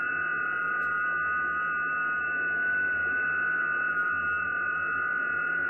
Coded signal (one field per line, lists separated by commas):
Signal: FT8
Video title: R1CBU - FULL INSTALL , XIEGU X6100 , MOD FIRMWARE , 2 Meters & 70cn Transverter, ft8 Decode, GPS